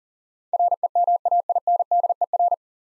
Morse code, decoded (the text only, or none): REMAINDER